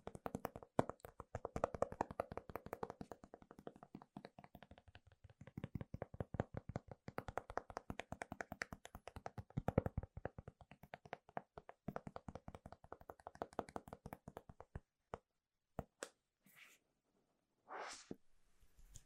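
Fingers tap quickly and steadily on Apple gadgets, keyboards and product boxes, a dense run of crisp, hollow clicks for most of the stretch with brief lulls. Near the end the tapping thins out, broken by a couple of short brushing swishes.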